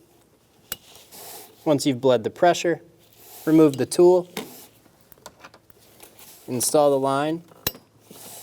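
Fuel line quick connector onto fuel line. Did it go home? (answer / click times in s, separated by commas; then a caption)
yes / 7.7 s. On a 2012–2020 Chevrolet Sonic during fuel pump module assembly replacement, after the fuel pressure is bled and the tool removed, the fuel line quick connector is pushed back onto the metal line at the fuel filter or rail while someone talks. Small taps and scrapes are heard, then a sharp click at 7.7 s as the connector snaps home and seats.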